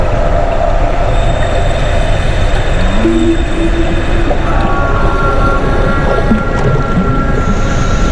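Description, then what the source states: Whale moans, a few drawn-out tonal notes with one brief upsweep, heard faintly over a constant low underwater rumble. Whales underwater, encountered while scuba diving.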